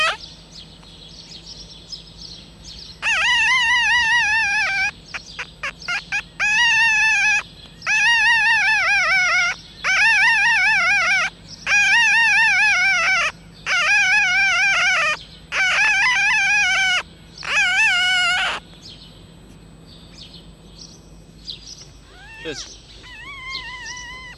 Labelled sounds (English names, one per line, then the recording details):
Red Fox
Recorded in captivity
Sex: female
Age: juvenile
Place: Zoologisches Institut der HUB, Berlin, DE
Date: 1956-05-02 13:15
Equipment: Elmetra
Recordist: Tembrock, Günter